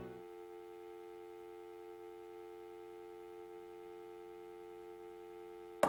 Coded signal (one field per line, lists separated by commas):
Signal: telephone call progress tone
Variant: North America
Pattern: dial tone